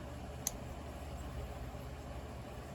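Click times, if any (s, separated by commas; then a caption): 0.5 s. A painted plastic armor piece is slid down onto the left arm of a snap-fit figure. It gives one loud, sharp pop at 0.5 s over a steady low background hiss. The piece seats on the arm.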